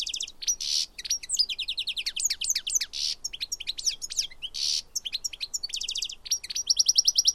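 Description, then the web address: Bird calls: continuous high twittering with quick downslurred chirps and harsh buzzy bursts, packed closely without pause. "Deverinetal"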